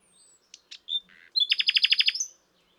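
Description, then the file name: Common nightingale song phrase: a few soft notes and a brief rasp, then a loud, rapid series of identical throbbing notes before a thin closing whistle. "Luscinia megarhynchos"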